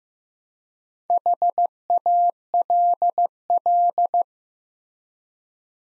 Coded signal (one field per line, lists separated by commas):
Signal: Morse code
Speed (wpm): 15 wpm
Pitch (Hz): 700 Hz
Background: none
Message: HALL